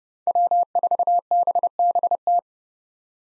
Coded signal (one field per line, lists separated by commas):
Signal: Morse code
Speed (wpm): 30 wpm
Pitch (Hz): 700 Hz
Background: none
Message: W4BBT